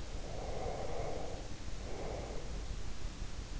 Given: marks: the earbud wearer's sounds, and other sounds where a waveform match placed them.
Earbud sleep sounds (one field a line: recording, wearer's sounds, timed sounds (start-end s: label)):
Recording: sounds in sleep by an in-ear microphone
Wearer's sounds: breath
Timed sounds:
0.00-2.66 s: breath